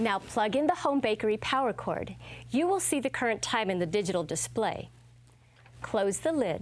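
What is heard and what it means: Someone talks while the hinged lid of a Zojirushi BB-PAC20 home bakery bread machine is handled for closing over the baking pan in the machine body. A few faint, soft ticks come during a quiet pause around 5.3–5.7 seconds. The clip ends before the lid goes home; nothing has closed or latched yet.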